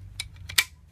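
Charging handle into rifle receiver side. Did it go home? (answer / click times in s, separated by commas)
yes / 0.6 s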